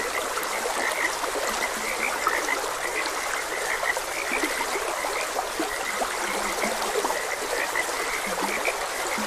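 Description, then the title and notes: Many frogs calling together, busy repeated croaks and occasional deeper notes, with steady flowing water beneath. Frogs croaking beside a gentle stream. "Gentle Stream and Frogs Croaking. Sleep and Relaxation Podcast"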